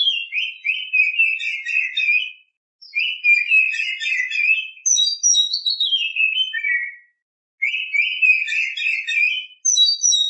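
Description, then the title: Oriental magpie-robin delivering warbled phrases with high whistled notes and falling slurs, in several bursts separated by short pauses. Champion songbird. "Kicau Burung Kacer Juara"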